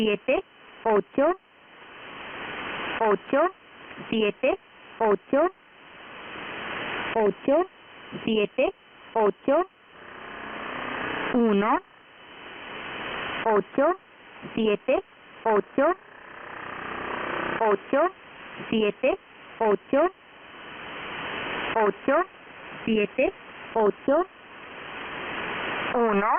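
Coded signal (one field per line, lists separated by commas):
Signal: numbers station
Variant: V07, Spanish language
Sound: short spoken Spanish words, evenly spaced, through steady shortwave hiss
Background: radio static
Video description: This is Russian sourced, Spanish language, numbers station V07.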